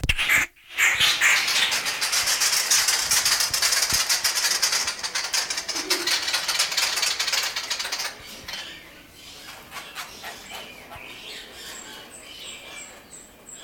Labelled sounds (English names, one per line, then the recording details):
White-headed Barbet duetting
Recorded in captivity
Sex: pair
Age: adult
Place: Zoo Berlin, Berlin, DE
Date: 1997-01-26 16:13
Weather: heiter, 3°C
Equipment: Nagra SN, Kopie Uher 4000 Report Monitor
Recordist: Tembrock, Günter